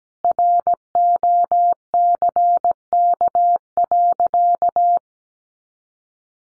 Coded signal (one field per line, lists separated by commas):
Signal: Morse code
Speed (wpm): 17 wpm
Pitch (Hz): 700 Hz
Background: none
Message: ROCK.